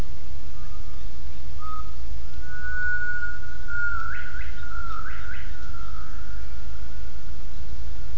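Gibbon call: a sustained, pure whistled tone that slides gently and holds steady, with a few brief warbling inflections midway, over a heavy low rumbling background noise.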